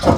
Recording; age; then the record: pig call; growing-finishing pig (85 days or more)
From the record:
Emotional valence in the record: positive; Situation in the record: run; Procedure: transit